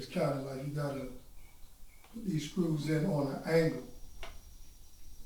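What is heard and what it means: Someone talks while trying to start a screw at an angle into the frame of an Aprilia child's electric bike, and a brief sharp sound comes near 4.2 s. The screw fails to catch the thread, so nothing has seated or clicked yet.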